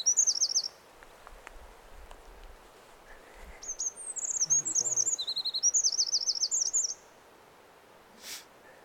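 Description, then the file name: Eurasian wren singing a loud, rapid outpouring of high trills and sharp warbled notes, in a short burst then a longer three-and-a-half-second phrase, followed by a single click. "Troglodytes troglodytes"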